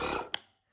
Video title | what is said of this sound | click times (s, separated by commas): Stop slamming your Mercedes boot/trunk lid. Why the soft close breaks, how to test and how to fix it | There we go. That's the second click, the soft click. | 0.3 s